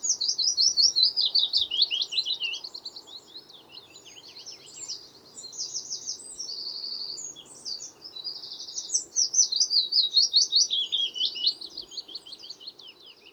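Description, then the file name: Willow warbler singing repeatedly: several soft, descending whistled phrases, the clearest at the start and near the end, with quieter bird song filling the gaps. "fitis zang"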